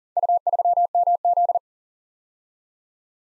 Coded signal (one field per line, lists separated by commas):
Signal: Morse code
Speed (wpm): 41 wpm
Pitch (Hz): 700 Hz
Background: none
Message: U3MZ